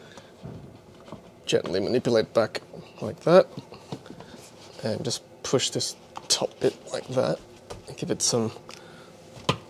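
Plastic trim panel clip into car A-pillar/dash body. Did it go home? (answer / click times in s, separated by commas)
yes / 9.5 s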